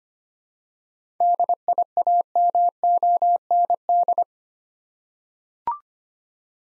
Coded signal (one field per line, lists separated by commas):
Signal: Morse code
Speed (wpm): 25 wpm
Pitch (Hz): 700 Hz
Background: none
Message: DIAMOND